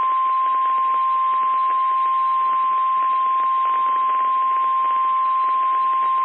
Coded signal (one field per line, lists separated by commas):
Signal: Emergency Alert System (SAME) tones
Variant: 1050 Hz attention tone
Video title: EAS #1: Severe Thunderstorm Warning on WXL-39. 8/13/2023. (Incomplete)